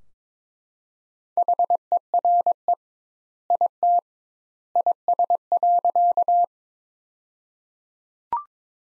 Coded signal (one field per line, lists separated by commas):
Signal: Morse code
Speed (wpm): 22 wpm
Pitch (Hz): 700 Hz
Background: none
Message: HERE IT IS.